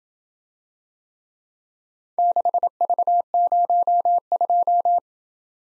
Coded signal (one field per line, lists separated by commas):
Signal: Morse code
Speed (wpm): 27 wpm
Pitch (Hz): 700 Hz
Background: none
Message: 6V02